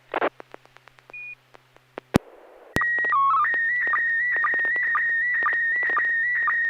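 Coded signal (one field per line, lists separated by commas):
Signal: SSTV (slow-scan television)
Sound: clicks and hiss, then a steady whistle, quick low warbles, then a wavering tone with regular blips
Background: FM repeater hiss, clicks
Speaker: Affirm, you got a tone. AI6DG, KL7H2R,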